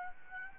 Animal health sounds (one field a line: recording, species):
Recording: mosquito wingbeat signal from an infrared sensor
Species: Aedes albopictus